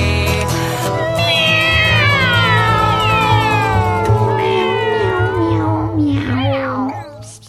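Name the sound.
kittens meowing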